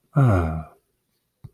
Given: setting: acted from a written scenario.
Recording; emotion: vocal sound without words; serenity